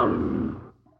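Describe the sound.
Tiger snarl: one short, rough, growling blast that fades out within under a second.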